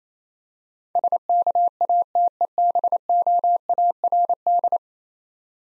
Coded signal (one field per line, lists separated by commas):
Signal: Morse code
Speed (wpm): 28 wpm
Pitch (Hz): 700 Hz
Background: none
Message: SKATEBOARD